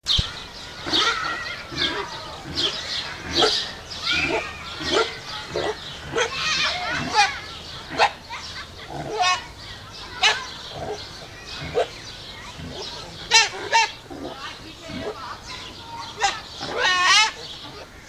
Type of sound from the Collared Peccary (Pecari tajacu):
call